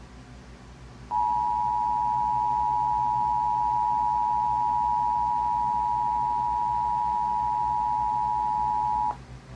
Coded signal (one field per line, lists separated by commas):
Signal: Emergency Alert System (SAME) tones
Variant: 853 and 960 Hz attention tone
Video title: Severe Thunderstorm Watch 381 (EAS 974-976, NWR/FM/TV)